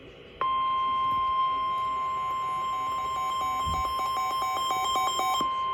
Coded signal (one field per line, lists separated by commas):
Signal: Emergency Alert System (SAME) tones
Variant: 1050 Hz attention tone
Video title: EAS #1576 Flash Flood Warning 3-22-22